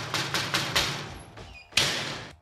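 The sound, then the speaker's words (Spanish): Four quick, evenly spaced knocks on a door, followed after a short pause by one louder, sharper thud, with no voices. “¡La puerta! ¡Voy!”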